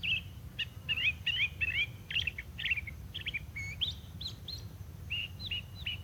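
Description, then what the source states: Crissal Thrasher singing a run of varied, warbled and slurred phrases, each short and quickly changing, over a steady low rumble of background noise. Singing on a warm, bright mid-February spring day in New Mexico.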